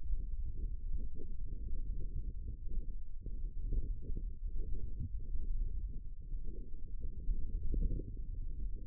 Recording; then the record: forearm muscle sounds (acoustic myography)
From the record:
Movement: wrist extension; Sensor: system 1, eight BSWA MPA416 microphones around the upper forearm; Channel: 3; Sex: male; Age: 18 years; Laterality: right